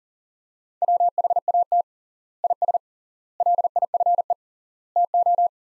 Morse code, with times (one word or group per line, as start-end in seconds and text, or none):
0.8-1.8 WHAT
2.4-2.8 IS
3.4-4.3 LIFE
5.0-5.5 TO